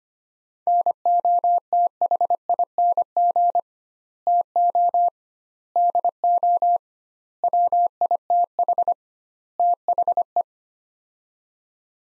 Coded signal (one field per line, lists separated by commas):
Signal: Morse code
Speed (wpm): 25 wpm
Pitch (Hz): 700 Hz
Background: none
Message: NOTHING TO DO WITH THE